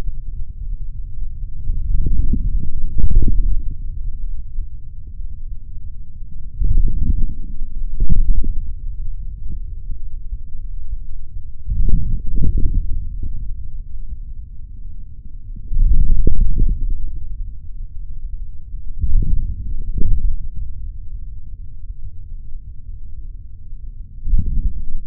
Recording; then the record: forearm muscle sounds (acoustic myography)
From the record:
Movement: forearm pronation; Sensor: system 3, bracelet of six PUI Audio POM-2738L microphones around the upper forearm, with dedicated amplification and filtering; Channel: 2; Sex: male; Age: 26 years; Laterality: right